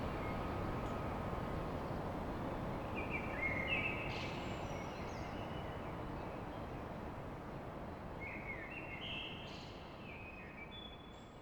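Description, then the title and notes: Common blackbird song: two fluted phrases each closed by a high thin squeak, separated by a pause of several seconds. A steady rumble fades slightly toward the end. Song of a blackbird recorded at dawn in Paris. "Blackbird At Paris. chant de merle à l'aube dans Paris"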